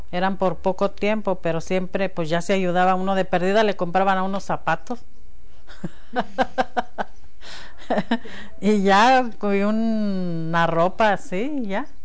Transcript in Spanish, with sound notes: eran por poco tiempo, pero siempre, pues ya se ayudaba uno, de perdida le compraban a uno zapatos. (risas) Y ya, cogía una ropa así y ya.